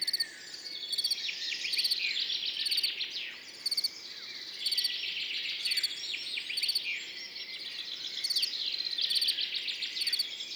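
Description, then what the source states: Field cricket chirping steadily, each chirp a quick burst of pulses about once a second, with many birds singing and twittering behind. Singing continuously among orchids after a mild night, morning, 10 June 2019, Montagne du Puy; birds waking in background; Nagra Seven recorder, MKH40 microphone, stereo.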